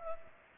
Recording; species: mosquito wingbeat signal from an infrared sensor; Culex pipiens